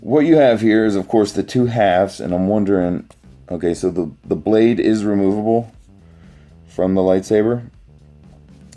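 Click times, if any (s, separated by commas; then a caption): 8.7 s. A removable plastic blade from an action figure's lightsaber is pushed into the figure's lightsaber hilt. Someone talks for most of the clip, then small handling sounds lead to a sharp click at 8.7 s as the blade snaps into place, seated.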